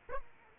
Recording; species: mosquito wingbeat signal from an infrared sensor; Aedes aegypti